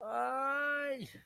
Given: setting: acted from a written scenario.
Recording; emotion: vocal sound without words; pain